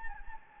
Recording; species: mosquito wingbeat signal from an infrared sensor; Anopheles gambiae